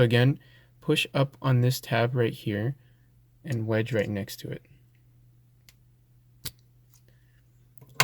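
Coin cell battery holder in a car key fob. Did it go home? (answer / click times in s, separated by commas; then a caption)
released / 8.0 s. Someone talks while a tool is wedged next to the tab of a Honda smart key fob to pry its plastic coin cell battery holder out of the fob shell. After a quiet stretch with a few faint clicks, a sharp pop at 8.0 s marks the battery tray popping out, released.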